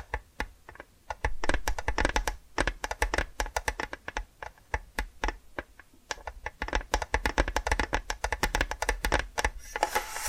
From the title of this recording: Hypnotic Tapping & Scratching Sounds